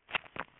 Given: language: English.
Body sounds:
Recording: throat vibration sensor signal played as sound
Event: swallow

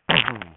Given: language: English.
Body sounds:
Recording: throat vibration sensor signal played as sound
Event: throat clearing

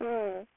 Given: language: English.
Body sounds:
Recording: throat vibration sensor signal played as sound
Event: speech

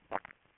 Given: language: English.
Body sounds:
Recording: throat vibration sensor signal played as sound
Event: swallow

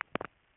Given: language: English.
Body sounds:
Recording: throat vibration sensor signal played as sound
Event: swallow

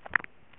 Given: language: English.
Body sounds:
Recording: throat vibration sensor signal played as sound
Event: swallow

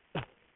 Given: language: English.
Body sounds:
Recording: throat vibration sensor signal played as sound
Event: cough

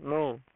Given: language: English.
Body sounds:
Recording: throat vibration sensor signal played as sound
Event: speech

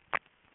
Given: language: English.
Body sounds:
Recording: throat vibration sensor signal played as sound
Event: swallow

